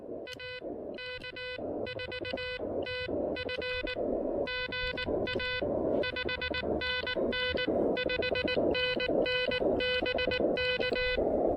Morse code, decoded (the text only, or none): AK4TF GA 5NN 5NN BK